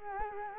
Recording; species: mosquito wingbeat signal from an infrared sensor; Culex quinquefasciatus